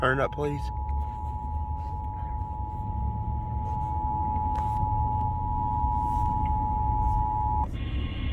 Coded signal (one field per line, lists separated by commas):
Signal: Emergency Alert System (SAME) tones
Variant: 853 and 960 Hz attention tone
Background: speech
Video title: Tornado Warning | EAS #54